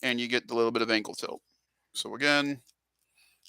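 Someone talks while handling the second plastic foot of an action figure, about to press it onto the ankle peg. Speech fills most of the clip with a pause around 1.5 seconds and only faint sound near the end. Nothing has seated or clicked yet.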